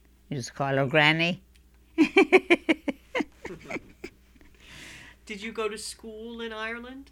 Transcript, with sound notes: used to call her "Granny." ( she laughs )
Did you go to school in Ireland?